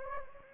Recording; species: mosquito wingbeat signal from an infrared sensor; Anopheles gambiae